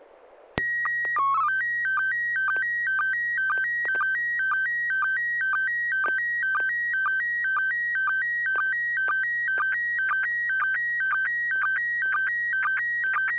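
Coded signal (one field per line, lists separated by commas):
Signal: SSTV (slow-scan television)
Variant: PD 120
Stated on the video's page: SSTV net on a 441.300 MHz FM repeater, sent with MMSSTV software.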